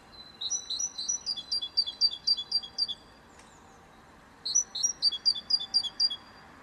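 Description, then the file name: Great tit song, rapid two-note phrases of high whistled notes repeated about four per second in two bursts separated by a short pause. "Parus major"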